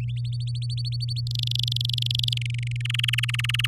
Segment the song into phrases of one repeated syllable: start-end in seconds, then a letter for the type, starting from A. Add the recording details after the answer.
0.16-1.21 A, 1.27-2.38 B, 2.41-2.82 C, 2.84-3.67 D. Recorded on 6 May 2018 at 06:34. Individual llb16